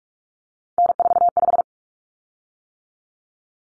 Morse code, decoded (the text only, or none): N45